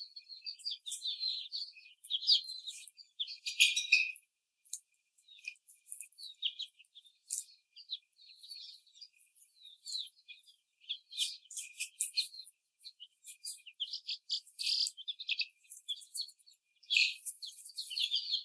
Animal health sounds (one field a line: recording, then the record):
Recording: young laying hens in a cage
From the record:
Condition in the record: before the stressor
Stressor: simulated dog barking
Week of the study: 4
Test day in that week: 3